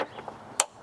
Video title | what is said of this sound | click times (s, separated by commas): Ford C-Max - Complete Rear Suspension Rebuild | Oh, two clicks. | 0.3 s, 0.6 s